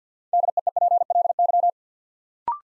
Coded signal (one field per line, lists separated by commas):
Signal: Morse code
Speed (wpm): 50 wpm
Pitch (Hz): 700 Hz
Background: none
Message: DEEPLY